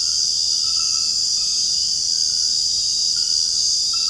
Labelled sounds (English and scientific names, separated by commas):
none